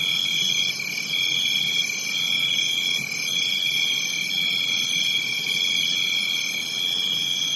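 Crickets trilling together, a constant shrill ringing of several high pitches that holds steady from start to end.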